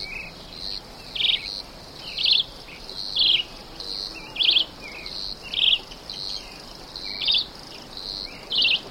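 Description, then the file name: Red-eyed Vireo song: short, bright warbled phrases given about once a second over a steady pulsing insect-like buzz. "chivicomun"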